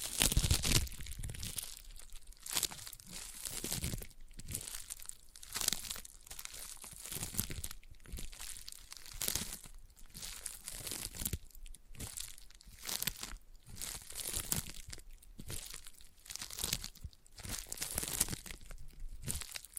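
Sticky tapping and sticky triggers fill the clip with dense, crackly peeling and crinkling sounds, bright and hissy on top. Bursts come in quick irregular clusters with brief gaps about every second or two, keeping a busy, uneven rhythm throughout.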